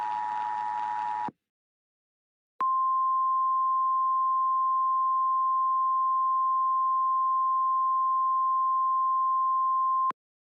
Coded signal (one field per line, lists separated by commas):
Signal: Emergency Alert System (SAME) tones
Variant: 853 and 960 Hz attention tone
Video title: EAS Scenario - Foxes of the Underworld